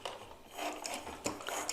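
A plastic backhoe arm spare part is fitted onto a Bruder JCB 5CX Eco toy backhoe loader body, lower tabs first and then a light push on the upper part. Several small plastic clicks are heard over soft rubbing, ending in a snap at 1.7 s as the part seats in place.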